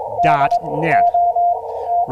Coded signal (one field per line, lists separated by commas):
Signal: Morse code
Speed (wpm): 22 wpm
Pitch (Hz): 690 Hz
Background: speech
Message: DOT